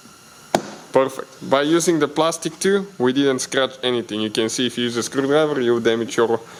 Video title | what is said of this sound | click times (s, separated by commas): FIX REAR WINDOW! Dodge Journey (Freemont) Window Switch REMOVAL & Installation Guide | just push in until it clicks in place. Perfect. | 0.5 s